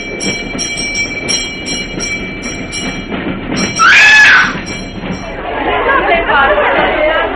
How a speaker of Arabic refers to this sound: المسافرون إلى تولوز وفيليني وكركسون. الرصيد رقم 7. الرصيد رقم 7. القطار يدخل محطة.